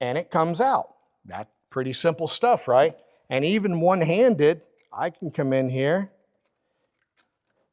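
A man talks while handling a wiring harness connector with a locking lever, fitting it one-handed toward the ECU/module socket of a 2022–2025 Suzuki Hayabusa during a Super Stock Box V2.0 installation. The clip ends with the connector not yet home and nothing seated or clicked yet. A faint brief tap is heard at 7.2 s.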